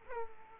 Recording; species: mosquito wingbeat signal from an infrared sensor; Aedes aegypti